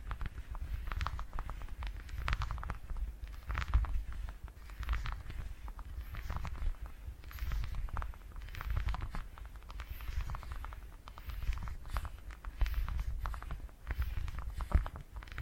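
Purring triggers: a low, steady rumble runs underneath the whole 15 seconds. Over it come dense, irregular bursts of soft crackling and patter-like taps, some brighter and sharper than others, with no real pauses and a few louder hits near 4 and 15 seconds.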